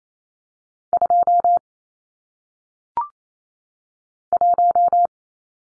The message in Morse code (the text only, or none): 2 1